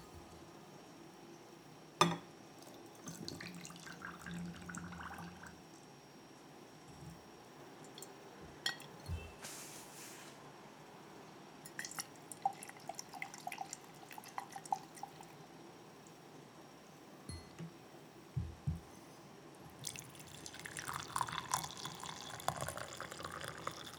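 Hand-brewing pour-over coffee: a low, steady hiss runs under scattered drips and small clinks, with sharp taps near 2, 9 and 18 seconds. Around the 20-second mark a stream of water pours in, bright and bubbling, continuing to the end.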